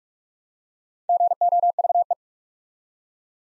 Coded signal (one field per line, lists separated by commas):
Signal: Morse code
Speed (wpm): 44 wpm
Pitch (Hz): 700 Hz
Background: none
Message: GOVE